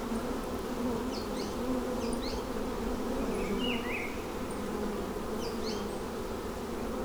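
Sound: bees buzzing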